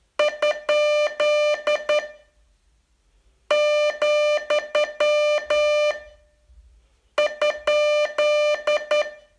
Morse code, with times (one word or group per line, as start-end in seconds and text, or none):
0.2-2.0 ?
3.5-5.9 ,
7.2-9.0 ?